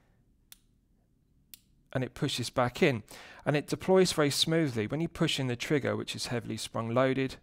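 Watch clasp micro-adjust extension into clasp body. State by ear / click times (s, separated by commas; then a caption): seated / 0.5 s, 1.5 s. A steel watch clasp's quick-adjust extension is ratcheted through its micro-adjustment notches into the clasp body, giving two sharp, loud, positive clicks at 0.5 s and 1.5 s that show a solid ratchet mechanism. From about 2 s on, someone talks.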